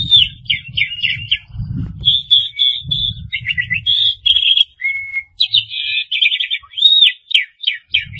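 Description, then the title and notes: Starling song of rapid chattering trills, short whistles and buzzy notes, with low rumbling background noise in places. "suara burung jalak"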